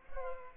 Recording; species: mosquito wingbeat signal from an infrared sensor; Culex pipiens